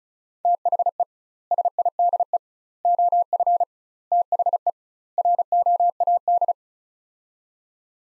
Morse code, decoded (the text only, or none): THE SIDE OF THE ROAD